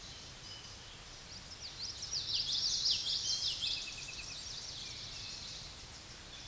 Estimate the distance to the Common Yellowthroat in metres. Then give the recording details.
about 25 m. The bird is about 5 m above the microphone. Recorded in a Pennsylvania forest on 16 May 2024 at 06:44. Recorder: AudioMoth, point MSD-2320. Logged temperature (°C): 12.8 °C. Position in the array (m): 231 m, 175 m